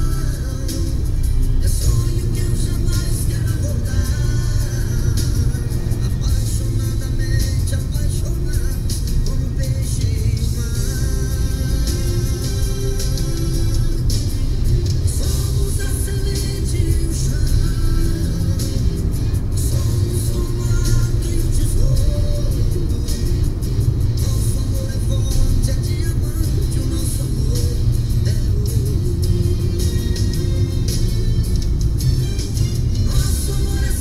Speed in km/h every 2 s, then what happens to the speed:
81, 81, 79, 74, 72, 74, 77, 76, 80, 84, 84, 82, 80, 76, 75, 72, 73.
0-9 slows to 72. 9-20 speeds up to 84. 20-34 slows to 73.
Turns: none.